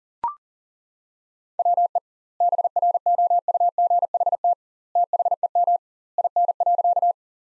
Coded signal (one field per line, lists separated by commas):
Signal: Morse code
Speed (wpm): 40 wpm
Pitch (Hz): 700 Hz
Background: none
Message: WE BROUGHT THEM IN.